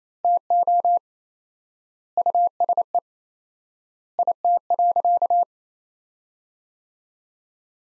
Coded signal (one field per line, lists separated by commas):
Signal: Morse code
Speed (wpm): 27 wpm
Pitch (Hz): 700 Hz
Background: none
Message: TO USE IT.